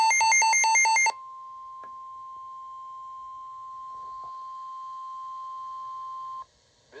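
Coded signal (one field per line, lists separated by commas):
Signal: Emergency Alert System (SAME) tones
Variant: 1050 Hz attention tone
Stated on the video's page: NOAA weather radio weekly test tones from two transmitters, received on a WR-321 weather radio.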